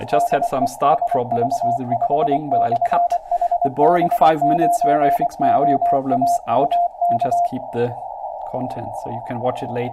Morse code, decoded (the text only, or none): DE HV5/HB9OAUK